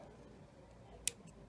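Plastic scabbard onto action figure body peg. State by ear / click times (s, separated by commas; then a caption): seated / 1.1 s. A plastic scabbard is pushed onto a peg on the body of a 1:18 action figure. It seats with a sharp click at 1.0 s after a little push-back. The rest is quiet background with a faint tick near 1.3 s.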